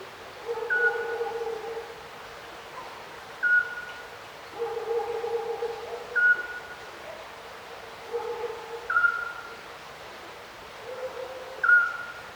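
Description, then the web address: Little owl calls, short high whistled notes repeated about every two to three seconds, with lower drawn-out tonal sounds between them over a steady background hiss. Little owl calling at night by a river, recorded distant. "Ivo Vicic - Natural ambiences vol 1. Little owl river night distant"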